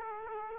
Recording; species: mosquito wingbeat signal from an infrared sensor; Aedes aegypti